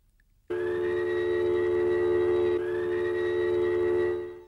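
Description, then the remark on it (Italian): An air raid warning siren in Naples, Italy, on 2 June 1940, sounding for the first time as a general rehearsal, gives a loud, steady wailing tone rich in harmonics, its pitch swelling slightly partway through before the sustained blare fades out at the end. “Le notizie dei bombardamenti su Londra si mischiano alla sirena dell'allarme che lacera per la prima volta l'aria.”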